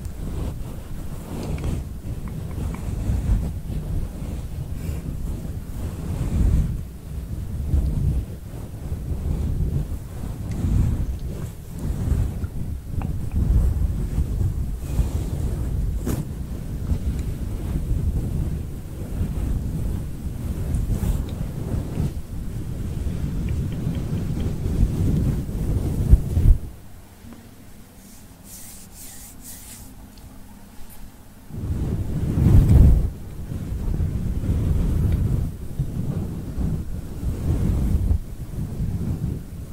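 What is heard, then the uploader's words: Head massage sounds: muffled rubbing and scratching with a deep, rumbling texture, broken by a quiet pause near thirty seconds before resuming. Girl brushes your hair ASMR personal attention, invisible scratching, head massage.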